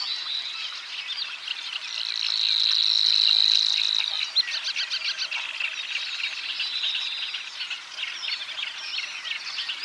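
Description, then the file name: Savi's warbler song: a high, even buzzing reel for about two seconds, surrounded by busy, scratchy chatter. "Vassångare"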